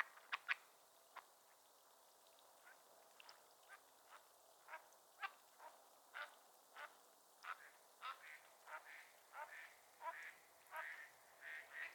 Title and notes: A Morning on Otter Creek with a Raft of Ducks. Nature is my Jam. a raft of Mallard Ducks